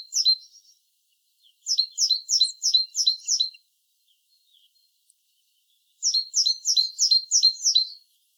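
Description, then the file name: Great tit giving runs of quick, high two-part notes: a short burst at the start, then two longer runs of about six, separated by pauses. "Parus major"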